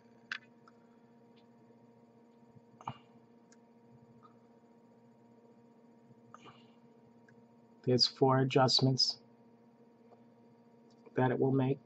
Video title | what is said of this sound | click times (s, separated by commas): Aspire Nautilus BDC Pyrex Tank Adjustable Airflow | which clicks into place when you set it to each ring there's | 0.3 s, 2.9 s, 6.3 s